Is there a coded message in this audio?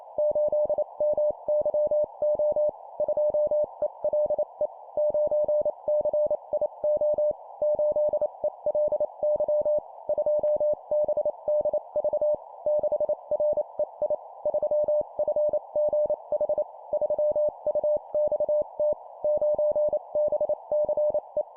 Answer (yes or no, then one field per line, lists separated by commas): yes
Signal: Morse code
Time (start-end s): 0.2-21.4 s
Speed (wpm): 28 wpm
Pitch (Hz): 600 Hz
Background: none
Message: 8MYO 2ELE 9CIO 8ELY 2BDV 6REI 3FGH 3UXT 9BCE